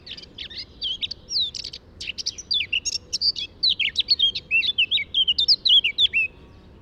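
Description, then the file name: Eurasian blackcap song, a fast continuous warble of varied whistled and scratchy notes running for about six seconds. "Sylvia atricapilla"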